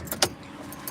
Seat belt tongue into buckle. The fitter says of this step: I see you're learning how to snap that in there now are you sure